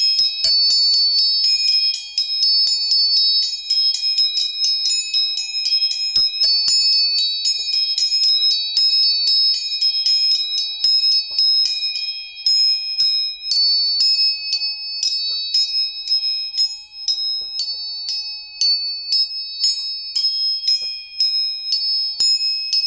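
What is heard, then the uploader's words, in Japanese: Tuning forks are struck again and again, leaving a steady pure tone ringing underneath along with a higher, thinner one. Bright metallic pings land rapidly and irregularly on top for the whole stretch, clear, with no other sounds. 音叉チューニング全体性。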